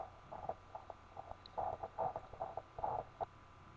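Fetal heartbeat picked up by Doppler ultrasound at about 14 weeks of pregnancy, replayed on a mobile phone.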